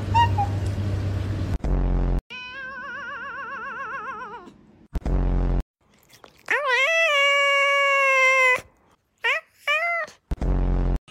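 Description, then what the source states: Cat calls: a trilling, wobbling yowl, then a rising drawn-out meow and a few short chirps, with low thuds between. Described as funny cat sounds.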